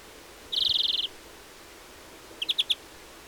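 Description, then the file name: European greenfinch calls: a half-second buzzy rattle followed by four separate, slightly rising high notes. "Chloris chloris"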